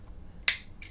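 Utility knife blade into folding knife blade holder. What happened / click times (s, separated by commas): The blade clicked home in its holder / 0.5 s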